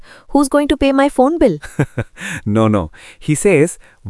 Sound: laughs